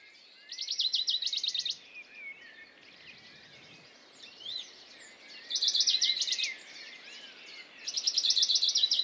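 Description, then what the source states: Western Bonelli's warbler delivering quick, dry trills of rapidly repeated notes, three strophes, the last two in close succession, while other songbirds chirp and whistle in the background. Dawn chorus, 6 May 2020, Valmaravel, Drôme; unpaired bird fixed on a small pine branch, giving a rapid courtship song to attract a female, unlike its usual spaced strophes; Nagra Seven, MKH40.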